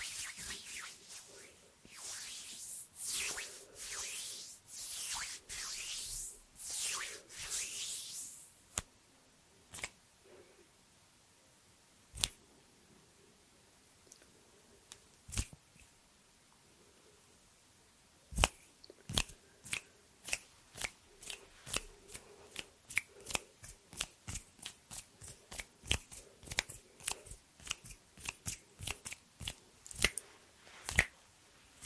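Hand sounds. The first eight seconds are a steady back-and-forth rubbing of palms, soft and hissy. Then come scattered sharp taps with long pauses, and from about eighteen seconds a quick, busy run of crisp taps and clicks.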